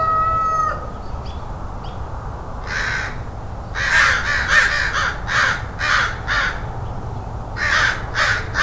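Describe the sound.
Crow: a brief clear whistle at the start, then a run of loud, harsh caws in quick succession.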